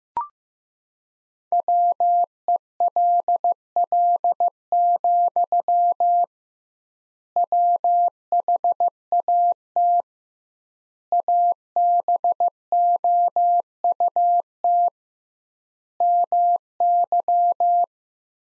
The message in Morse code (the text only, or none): WELL, WHAT ABOUT MY